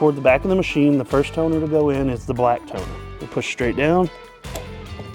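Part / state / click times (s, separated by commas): toner cartridge into color laser printer / seated / 4.6 s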